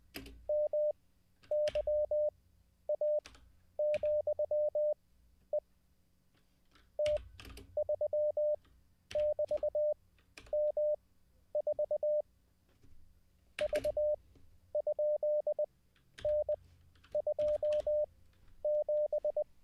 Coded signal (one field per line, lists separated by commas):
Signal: Morse code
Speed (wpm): 20 wpm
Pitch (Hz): 600 Hz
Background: none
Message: MYA,E T3<BT>M4 V?N27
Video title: How to REMEMBER Morse Code LIVE with N0SSC (Day 29)